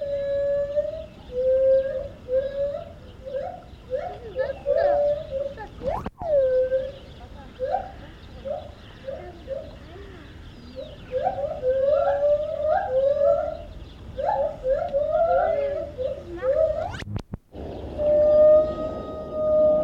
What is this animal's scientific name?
Hylobates lar